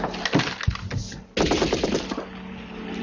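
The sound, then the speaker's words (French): Rapid bursts of machine gun fire, loud and sustained, with dense repeated cracks over a roaring, noisy background; a brief pause splits the volleys before the firing resumes. From a scene in the film Commando, with Arnold firing at men. “Et d'ailleurs, important de noter que dans cette scène-là, c'est la première fois qu'Arnold manque autant les gars sur lesquels il tire.”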